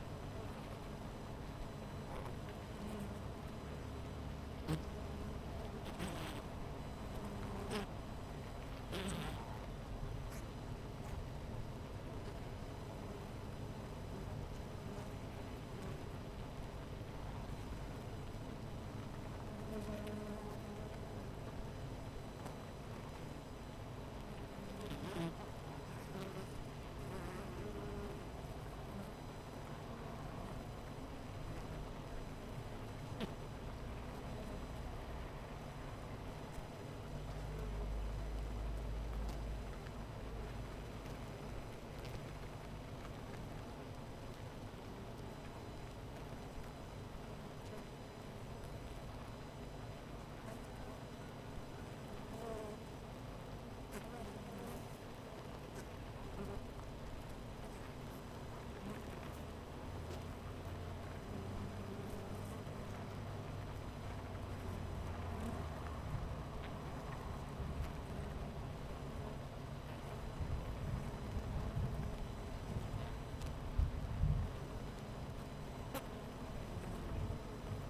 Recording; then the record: honeybee colony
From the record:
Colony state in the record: missing queen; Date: 14 July 2017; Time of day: 10:41